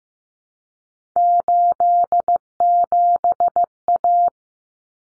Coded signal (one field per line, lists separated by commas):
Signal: Morse code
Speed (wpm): 15 wpm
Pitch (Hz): 700 Hz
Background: none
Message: 87A